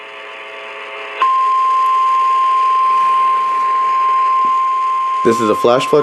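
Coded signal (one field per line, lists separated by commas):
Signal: Emergency Alert System (SAME) tones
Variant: 1050 Hz attention tone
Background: speech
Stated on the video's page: Flash Flood Warning from the San Diego weather office for Orange, San Bernardino and Riverside counties, with EAS activation requested.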